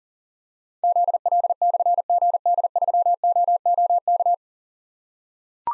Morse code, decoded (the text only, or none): ZL/GD3OOK